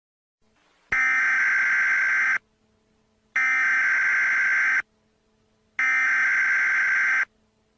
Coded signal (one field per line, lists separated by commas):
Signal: Emergency Alert System (SAME) tones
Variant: header bursts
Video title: An EAS Scenario: Oreo Bilzzard Contaminated